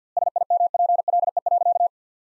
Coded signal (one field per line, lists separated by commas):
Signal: Morse code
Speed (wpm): 50 wpm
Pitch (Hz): 700 Hz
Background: none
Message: SIMPLE.